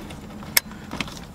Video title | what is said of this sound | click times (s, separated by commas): How to Replace Dash Lights - Honda CIvic 2002 Manual | all right they're snapped in now | 0.6 s, 1.0 s